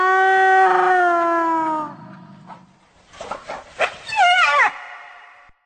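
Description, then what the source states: Hyena vocalizations: a long, steady, gently falling harmonic cry, then a brief pause and a burst of jittery, wavering giggle-like chatter. Sounds of several different hyenas.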